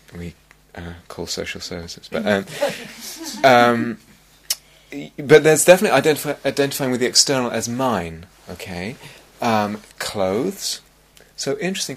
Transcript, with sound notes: we call social services, but... [laughter] But there's definitely identifying with the external as 'mine,' okay? Clothes -- so, interesting.